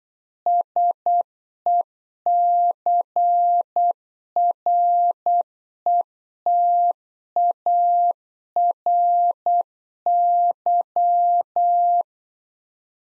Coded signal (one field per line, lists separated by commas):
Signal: Morse code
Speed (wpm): 8 wpm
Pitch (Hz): 700 Hz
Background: none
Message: SECRETARY